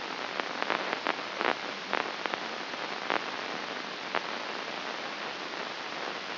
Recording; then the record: brain microelectrode recording played as sound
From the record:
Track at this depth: outside the subthalamic nucleus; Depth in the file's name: 4.622 mm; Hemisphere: left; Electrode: 2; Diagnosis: Parkinson's disease